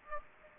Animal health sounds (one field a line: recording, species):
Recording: mosquito wingbeat signal from an infrared sensor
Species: Aedes aegypti